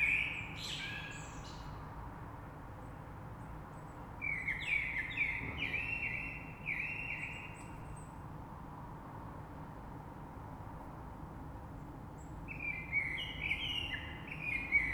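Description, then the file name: Common blackbird singing rich, varied fluting phrases with twittering high tails, in bursts separated by quiet gaps, against a low droning background. Recorded 3 March 2020. "Rush Merle"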